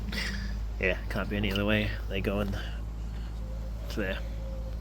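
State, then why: Not seated. During timing chain reassembly on a BA Fairmont V8 engine, the second of two metal timing parts, the chain tensioner or guide, is handled at the engine front while someone talks over a steady low hum. Nothing has seated or clicked into place yet.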